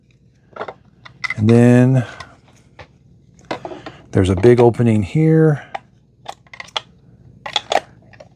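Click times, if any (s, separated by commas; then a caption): 6.8 s, 7.6 s. During maintenance on an Ecovacs X9 Pro Omni robot vacuum, someone talks while a removable plastic part is pressed into an opening in the vacuum body, with light handling taps along the way. Sharp clicks at 6.8 s and 7.6 s mark the part snapping into place, and it is seated.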